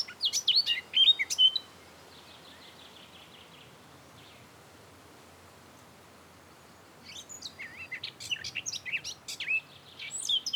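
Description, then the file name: Eurasian blackcap song: a loud burst of varied warbled notes, then a pause with a faint rapid trill, then another long bright warbling phrase. "Sylvia atricapilla"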